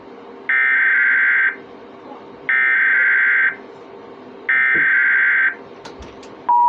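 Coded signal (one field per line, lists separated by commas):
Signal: Emergency Alert System (SAME) tones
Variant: header bursts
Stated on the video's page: Tornado Warning relayed on a TV station and cable system.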